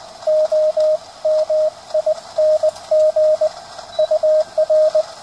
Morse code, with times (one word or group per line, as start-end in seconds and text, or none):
0.3-3.5 OMING
4.0-5.0 UR